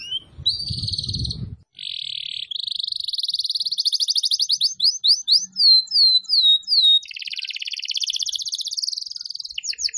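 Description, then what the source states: Atlantic canary song of fast rolling trills, a run of swooping downslurred notes, and a lower buzzy trill, delivered almost continuously. Canary, called kenari, recording used as a lure for bird-trapping (pikat).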